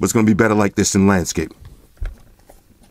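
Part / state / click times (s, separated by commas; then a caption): kickstand hinge on a phone case / seated / 2.1 s. Someone talks, then the plastic kickstand on a Zizo case for an iPhone X is swung open. It locks into its detent with a sharp click at 2.1 s, followed by a couple of faint handling sounds.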